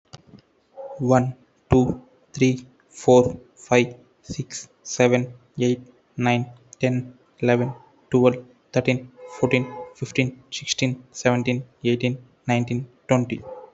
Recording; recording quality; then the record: counting at a normal pace; moderate, slight background noise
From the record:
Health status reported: healthy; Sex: male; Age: 26 years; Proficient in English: yes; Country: India